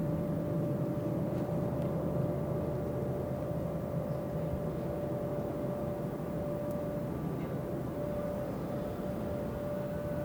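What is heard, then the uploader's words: A quiet neighborhood settles under a steady low rumble, like distant traffic or machinery, that holds even throughout. A thin, constant whine rides on top of it without changing. A single faint tick breaks through about two-thirds of the way in. This audio of NE Minneapolis was recorded. Between 7:45 and 8:15 PM. The neighborhood is pretty quiet, perhaps due to a snow earlier in the day.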